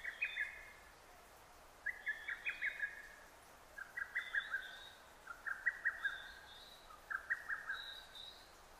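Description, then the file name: Lesser cuckoo song: a series of loud, rapid, staccato phrases of several notes each, repeated at short intervals over a quiet background hiss. Recorded 6 June 2009. "hototogisu 20090606"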